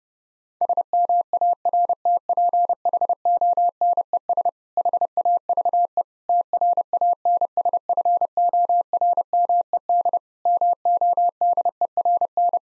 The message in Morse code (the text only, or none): SMARTPHONES HAVE TRANSFORMED MODERN